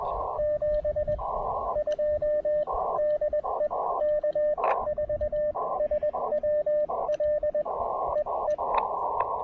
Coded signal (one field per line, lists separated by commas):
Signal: Morse code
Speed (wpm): 21 wpm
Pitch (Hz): 590 Hz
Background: radio noise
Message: 72 DE K4SWL EE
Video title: QRP POTA: Paring the Elecraft KX2 and PackTenna Random Wire at Holmes Educational State Forest!